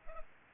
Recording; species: mosquito wingbeat signal from an infrared sensor; Culex pipiens